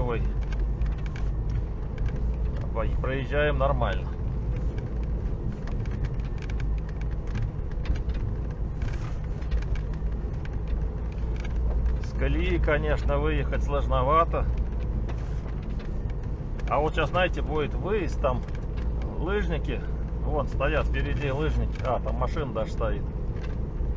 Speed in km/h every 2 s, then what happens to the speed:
17, 18, 15, 18, 18, 16, 17, 16, 18, 18, 16, 18.
0-24 steady at about 17.